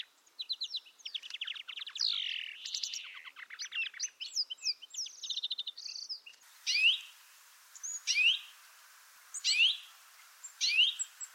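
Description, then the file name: European greenfinch: fast twittering trills and rattles for about six seconds, then four short rising calls at fairly even intervals. "GROENNFINK"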